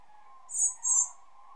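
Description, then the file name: Common blackbird giving two thin, high, hissing calls in quick succession, over a steady mid-pitched background hum. "Turdus merula"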